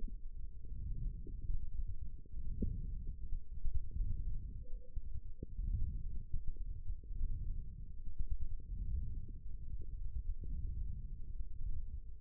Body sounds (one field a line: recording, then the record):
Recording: forearm muscle sounds (acoustic myography)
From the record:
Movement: wrist flexion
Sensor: system 1, eight BSWA MPA416 microphones around the upper forearm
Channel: 2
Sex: male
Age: 23 years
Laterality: right